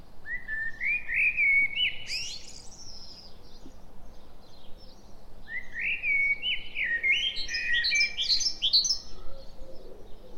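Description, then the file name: Common blackbird song, two clear phrases of flowing flute-like notes stepping upward, then breaking into a jumble of high scratchy twitters. "Turdus merula"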